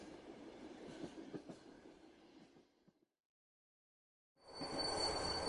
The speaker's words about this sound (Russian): Вагон лязгнул, дернулся, и под полом что-то заскрежетало.